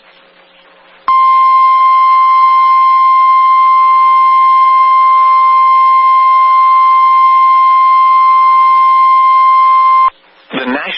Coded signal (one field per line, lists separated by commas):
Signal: Emergency Alert System (SAME) tones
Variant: 1050 Hz attention tone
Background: speech